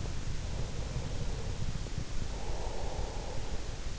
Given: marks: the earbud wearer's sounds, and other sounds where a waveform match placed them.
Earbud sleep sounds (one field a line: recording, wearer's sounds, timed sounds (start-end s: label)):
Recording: sounds in sleep by an in-ear microphone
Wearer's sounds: breath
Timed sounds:
0.48-3.99 s: breath